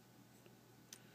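A small plastic piece on a Mastermind Creations KM-03 Cyclops (HoS Shockwave) transforming figure is pushed onto a ball joint. After a faint tick at 0.5 s, it pops into place with a sharp, bright click at 0.9 s against a low steady hum. The piece is seated.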